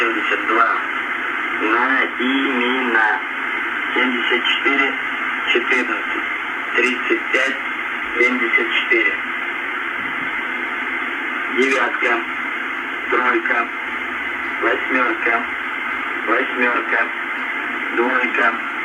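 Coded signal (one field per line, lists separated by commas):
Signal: coded military voice message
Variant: UVB-76, Russian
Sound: a voice reading a message over a narrow, noisy radio channel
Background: radio static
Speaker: and it goes on and on to give a series of names and numbers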